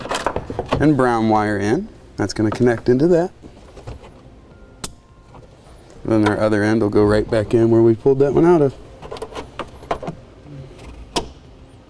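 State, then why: Seated. Someone talks while installing a trailer wiring harness on a 2014 Toyota FJ Cruiser, bringing the red and brown wire in and pushing the plastic T-connector end into the vehicle's tail light wiring socket, where the original plug was removed. A few short clicks and handling noises sound between the talk. A sharp click at 11.2 s marks the T-connector seating in the tail light plug.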